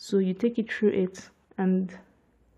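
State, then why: Not seated. A bobbin thread is being handled at the slot of a metal bobbin case, on its way to the tension spring, while someone talks. Nothing has seated or snapped into the tension slot yet.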